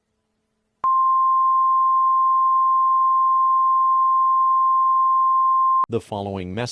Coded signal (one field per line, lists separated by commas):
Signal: Emergency Alert System (SAME) tones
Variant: 1050 Hz attention tone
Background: speech